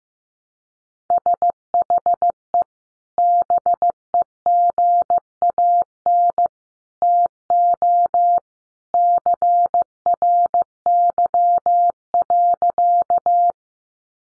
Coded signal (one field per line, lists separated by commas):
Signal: Morse code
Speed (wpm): 15 wpm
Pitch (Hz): 700 Hz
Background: none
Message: SHE BEGAN TO CRY.